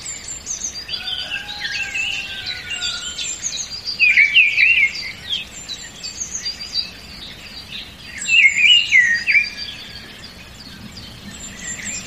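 Several birds sing at once, bright warbling phrases overlapping, with louder bursts around four and eight seconds over a soft steady background hiss.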